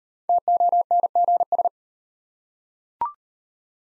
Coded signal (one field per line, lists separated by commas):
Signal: Morse code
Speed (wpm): 38 wpm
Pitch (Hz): 700 Hz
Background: none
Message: TONGS